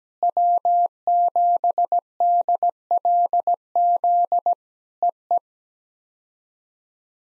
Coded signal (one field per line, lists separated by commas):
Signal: Morse code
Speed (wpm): 17 wpm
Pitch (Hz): 700 Hz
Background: none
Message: W7DLZ EE